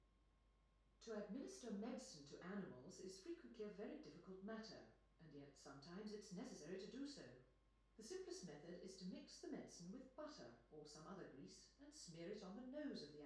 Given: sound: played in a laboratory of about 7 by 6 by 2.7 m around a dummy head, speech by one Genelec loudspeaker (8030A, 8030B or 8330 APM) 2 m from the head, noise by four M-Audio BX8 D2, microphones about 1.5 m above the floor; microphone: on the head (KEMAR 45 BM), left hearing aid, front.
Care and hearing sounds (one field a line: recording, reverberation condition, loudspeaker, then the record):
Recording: female speech in English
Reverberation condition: medium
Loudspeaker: 60 degrees to the right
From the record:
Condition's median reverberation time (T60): about 510 ms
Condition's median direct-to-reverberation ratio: about -0.5 dB